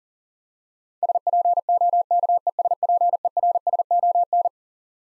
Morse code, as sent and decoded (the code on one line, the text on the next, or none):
... .--. --- -.- . ... .--. . .-. ... --- -.
SPOKESPERSON